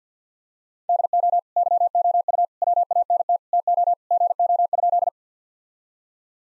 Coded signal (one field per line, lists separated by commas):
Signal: Morse code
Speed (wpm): 49 wpm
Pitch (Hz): 700 Hz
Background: none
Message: DO YOU WANT TO GO?